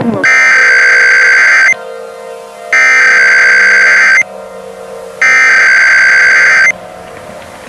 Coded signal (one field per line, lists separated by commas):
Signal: Emergency Alert System (SAME) tones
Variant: header bursts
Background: speech